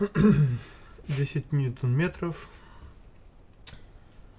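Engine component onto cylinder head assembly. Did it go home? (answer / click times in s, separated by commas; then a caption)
yes / 3.7 s. An engine component is fitted onto a cylinder head assembly, possibly on the intake or EGR side, after ratchet work and a mention of 10 Nm. Someone talks, then a single sharp click is heard at 3.7 s as the part seats in place.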